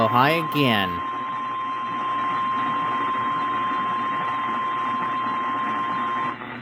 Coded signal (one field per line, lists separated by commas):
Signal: Emergency Alert System (SAME) tones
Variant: 1050 Hz attention tone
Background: speech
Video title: EAS#116 Severe Thunderstorm Warning on WXJ73 (09/18/2022).